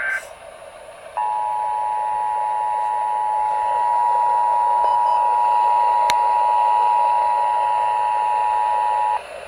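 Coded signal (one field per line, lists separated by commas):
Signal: Emergency Alert System (SAME) tones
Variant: 853 and 960 Hz attention tone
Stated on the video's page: Flood Watch relayed by AM station KTRH 740.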